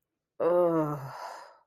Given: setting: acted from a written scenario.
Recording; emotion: vocal sound without words; guilt